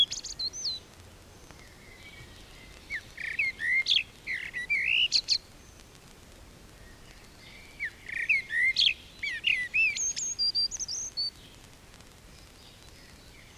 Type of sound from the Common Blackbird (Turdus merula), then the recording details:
song. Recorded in the wild. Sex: male. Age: adult. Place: Bielefeld-Mitte, Nordrhein-Westfalen, DE. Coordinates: 52.0078, 8.54583. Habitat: residential district. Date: 1968-04-27. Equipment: Uher 4000 Report-S, Bändchenmikro Beyer M 260, Parabolspiegel Polyester (470 mm). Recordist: Conrads, Klaus. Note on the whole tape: Bielefeld, Fröbelstraße 92. Männchen auf dem Haus: Gesang, einmal Pfeifmotiv. Technische Störung (Knistern)